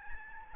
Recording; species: mosquito wingbeat signal from an infrared sensor; Aedes albopictus